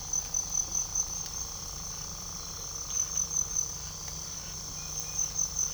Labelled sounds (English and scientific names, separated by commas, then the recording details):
none
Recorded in pastures near Puerto Asís, Putumayo, Colombia, on 18 December 2024 at 02:00
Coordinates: 0.497, -76.327
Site G088